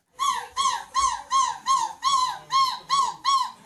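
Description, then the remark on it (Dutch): A contestant at the European seagull-screaming championship in De Panne, Belgium, imitates a seagull, letting out about eight loud, shrill screeches in a steady, rapid rhythm, each cry sliding up and then down in pitch, with no talking. “Het doel is om zo goed mogelijk een meeuw na te doen.”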